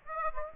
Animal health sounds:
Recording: mosquito wingbeat signal from an infrared sensor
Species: Aedes aegypti

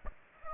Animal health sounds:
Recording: mosquito wingbeat signal from an infrared sensor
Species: Aedes aegypti

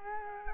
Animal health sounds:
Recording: mosquito wingbeat signal from an infrared sensor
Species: Culex quinquefasciatus

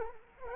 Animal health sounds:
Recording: mosquito wingbeat signal from an infrared sensor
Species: Culex quinquefasciatus

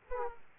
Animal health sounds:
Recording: mosquito wingbeat signal from an infrared sensor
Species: Aedes aegypti

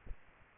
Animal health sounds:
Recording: mosquito wingbeat signal from an infrared sensor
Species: Aedes aegypti

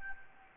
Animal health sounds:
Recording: mosquito wingbeat signal from an infrared sensor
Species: Anopheles gambiae

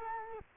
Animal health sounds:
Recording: mosquito wingbeat signal from an infrared sensor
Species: Culex quinquefasciatus

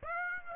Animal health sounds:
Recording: mosquito wingbeat signal from an infrared sensor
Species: Aedes aegypti

